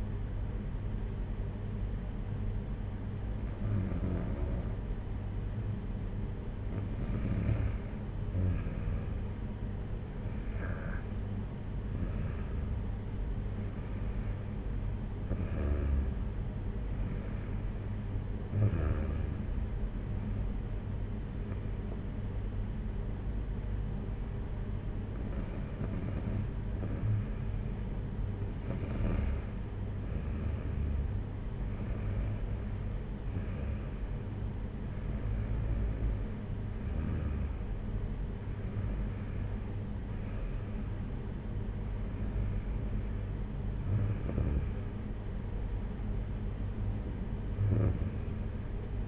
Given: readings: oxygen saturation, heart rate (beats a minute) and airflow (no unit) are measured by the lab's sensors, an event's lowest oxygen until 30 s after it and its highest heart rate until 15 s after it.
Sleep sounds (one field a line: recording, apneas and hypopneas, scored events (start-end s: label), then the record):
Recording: breathing in sleep by a smartphone at the bedside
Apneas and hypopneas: none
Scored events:
none scored
From the record:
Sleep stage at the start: REM sleep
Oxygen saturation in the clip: 92 to 95%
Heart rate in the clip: 56 to 65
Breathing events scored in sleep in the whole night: 226 in 8.8 hours asleep